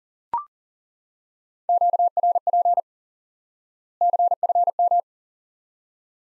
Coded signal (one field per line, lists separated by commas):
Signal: Morse code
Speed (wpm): 40 wpm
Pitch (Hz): 700 Hz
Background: none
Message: QRP CFM